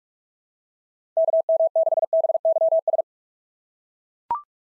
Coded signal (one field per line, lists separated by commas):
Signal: Morse code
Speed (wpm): 42 wpm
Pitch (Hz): 660 Hz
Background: none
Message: KM6BYS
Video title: SOTA QSO Practice 45wpm